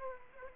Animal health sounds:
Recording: mosquito wingbeat signal from an infrared sensor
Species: Aedes aegypti

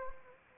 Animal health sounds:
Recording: mosquito wingbeat signal from an infrared sensor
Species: Anopheles arabiensis

